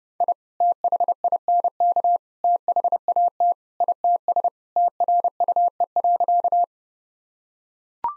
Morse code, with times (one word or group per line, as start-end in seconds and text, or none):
0.2-0.3 I
0.6-2.2 THINK
2.4-3.5 THAT
3.8-4.5 ITS
4.8-6.6 TRUE.